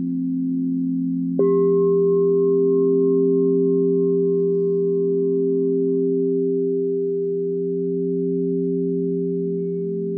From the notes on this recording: Sound Meditation mit Crystal Singing Bowls